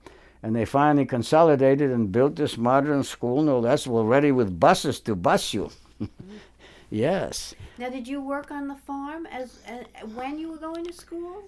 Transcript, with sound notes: And they finally consolidated and built this modern school, no less, were ready with buses to bus you. [Chuckles] Yes.
Now, did you work on the farm as—when you were going to school?